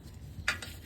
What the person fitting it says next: when you hear that snap you're in there